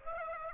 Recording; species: mosquito wingbeat signal from an infrared sensor; Aedes aegypti